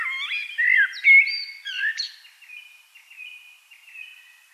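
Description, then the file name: Eurasian blackbird song: loud looping fluty whistles and warbles, fading into thin, repeated high notes. "Turdus merula"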